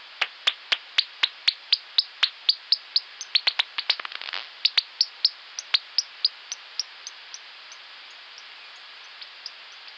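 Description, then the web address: Bat echolocation pulses heard as sharp dry clicks about four per second, crowding into a quick rattling burst near the middle, then thinning and fading away. "Fledermaus"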